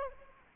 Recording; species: mosquito wingbeat signal from an infrared sensor; Aedes aegypti